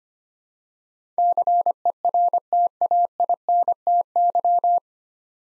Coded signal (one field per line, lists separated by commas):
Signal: Morse code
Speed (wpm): 25 wpm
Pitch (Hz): 700 Hz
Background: none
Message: CERTAINTY